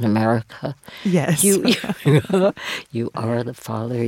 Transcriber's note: laughter